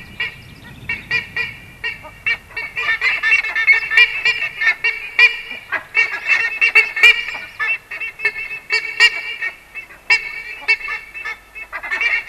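Buff-necked ibis calling: a dense chorus of harsh, metallic honks from several birds, almost continuous for the whole stretch.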